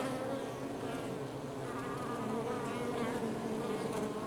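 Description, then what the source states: Honey bees giving a constant, busy buzzing hum, many wings overlapping into a dense drone with faint wavering pitches. Outside the hive.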